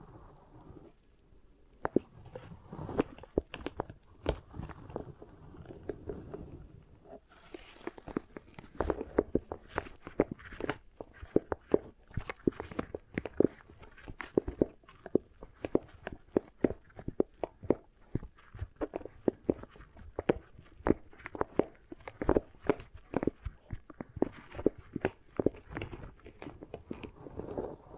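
Fingers press and rub beeswax over a microphone, making dense, irregular crackles, pops and sticky squelches that run nearly nonstop. The first few seconds are sparser, then the clicks and soft thuds crowd together and stay busy through the end, with a low muffled rumble beneath.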